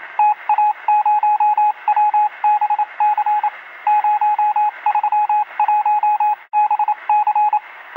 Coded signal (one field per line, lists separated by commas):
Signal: Morse code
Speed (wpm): 27 wpm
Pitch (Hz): 840 Hz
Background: radio noise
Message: TA0WBC 031BC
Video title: Fall asleep in minutes with 8 hours of epic morse code.